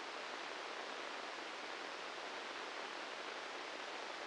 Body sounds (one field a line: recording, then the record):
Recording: brain microelectrode recording played as sound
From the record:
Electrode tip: inside the subthalamic nucleus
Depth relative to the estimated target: -1 mm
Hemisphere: left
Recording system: NeuroSet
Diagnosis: Parkinson's disease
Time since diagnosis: 10 years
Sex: male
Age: 56 years